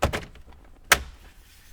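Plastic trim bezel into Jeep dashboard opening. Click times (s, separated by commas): 0.0 s, 0.9 s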